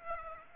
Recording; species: mosquito wingbeat signal from an infrared sensor; Aedes aegypti